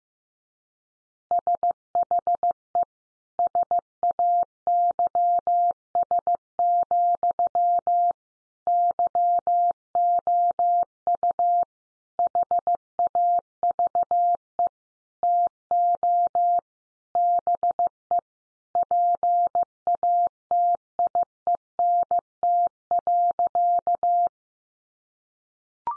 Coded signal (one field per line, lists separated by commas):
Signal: Morse code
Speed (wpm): 15 wpm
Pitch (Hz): 700 Hz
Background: none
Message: SHE SAYS, YOU HAVE TO BE PATIENT.